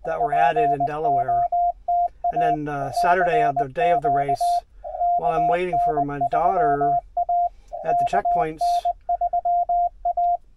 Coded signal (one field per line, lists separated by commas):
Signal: Morse code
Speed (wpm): 20 wpm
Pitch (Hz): 700 Hz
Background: speech, radio noise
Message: POTA CQ KN3A KN3A